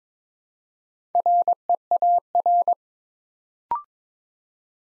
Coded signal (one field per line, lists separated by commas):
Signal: Morse code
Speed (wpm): 22 wpm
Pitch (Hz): 700 Hz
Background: none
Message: REAR